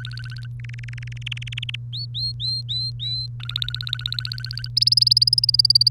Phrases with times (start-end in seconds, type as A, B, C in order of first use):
0.00-0.47 A, 0.59-1.75 B, 1.93-3.26 C, 3.40-4.68 A, 4.76-5.88 D